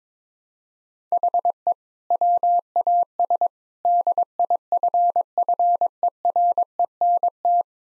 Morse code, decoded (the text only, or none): HE WAS DIFFERENT